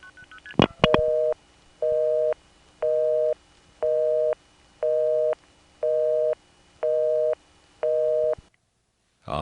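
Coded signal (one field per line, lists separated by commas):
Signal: telephone call progress tone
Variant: North America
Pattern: busy tone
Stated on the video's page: Narrated phone tape of New York City routings.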